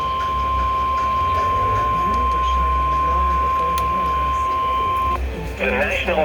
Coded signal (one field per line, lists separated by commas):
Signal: Emergency Alert System (SAME) tones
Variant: 1050 Hz attention tone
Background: speech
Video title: Severethunderstorm Warning For Philly. (EAS# 38)